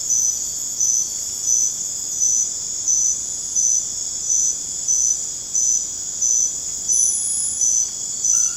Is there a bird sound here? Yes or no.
no